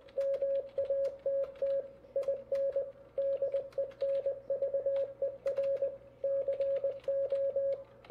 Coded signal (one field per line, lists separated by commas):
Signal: Morse code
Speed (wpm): 20 wpm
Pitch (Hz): 550 Hz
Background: radio noise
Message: MATT IN DENVER CO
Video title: K0LWC Sunday Night 40M CW